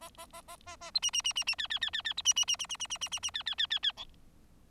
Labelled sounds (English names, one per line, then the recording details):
Bengalese Finch song
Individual Bird4